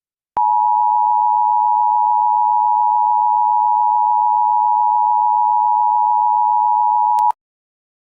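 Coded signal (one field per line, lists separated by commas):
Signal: Emergency Alert System (SAME) tones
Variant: 853 and 960 Hz attention tone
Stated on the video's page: Fictional alert scenario with text-to-speech messages.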